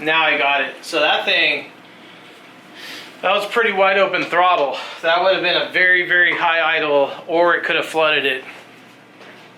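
Someone talks while handling the carburetor throttle slide of a 1989 CR500R, which returns into its bore when the throttle is opened wide and released, so it snaps closed and bottoms out with a click that shows it is sitting all the way down. Nothing has seated or clicked yet; the clip ends just before the slide goes home.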